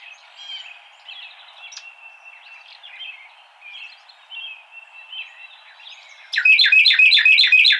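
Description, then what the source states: Carolina wren: soft twittering for several seconds, then loud, rapid repeated rolling phrases at the end. Recorded 26 March 2007.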